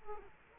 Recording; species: mosquito wingbeat signal from an infrared sensor; Culex quinquefasciatus